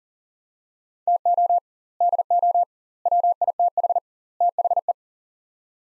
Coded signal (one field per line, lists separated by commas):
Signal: Morse code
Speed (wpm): 40 wpm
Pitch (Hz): 700 Hz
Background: none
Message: TO DO WITH THE